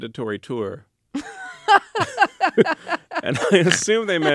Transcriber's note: laughter